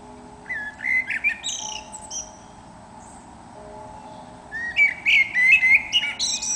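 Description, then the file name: Eurasian blackbird singing two phrases, each opening with low fluted whistles and ending in high squeaky twitters, over a steady mechanical hum. "Turdus merula"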